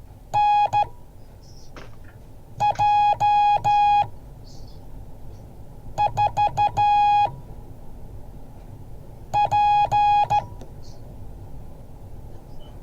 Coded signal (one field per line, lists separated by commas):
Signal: Morse code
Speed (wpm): 13 wpm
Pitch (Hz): 830 Hz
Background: none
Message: NJ4P